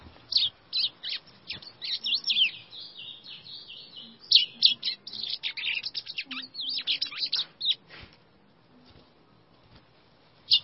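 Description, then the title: White-throated seedeater song of quick, varied high twitters and slurred whistles running for about seven seconds, then near silence until a final sharp note. "Canto Do Golinha"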